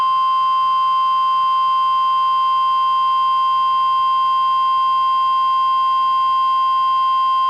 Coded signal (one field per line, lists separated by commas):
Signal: Emergency Alert System (SAME) tones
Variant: 1050 Hz attention tone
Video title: EAS #1045: NWR Required Weekly Test- Jan. 8, 2025- 11:02AM PST